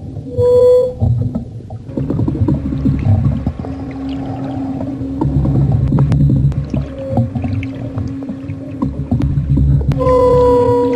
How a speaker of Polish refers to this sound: metal, te wszystkie urządzenia do połowu ryb, które są jeszcze trochę takie starodawne i jakby właśnie to połączenie i jednocześnie mikrofon kontaktowy, hydrofon zanurzony jednocześnie w wodzie, no pokazały ten port jak jakaś ambientalna muzyka.